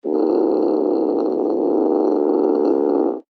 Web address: SFXSource. Cat Growl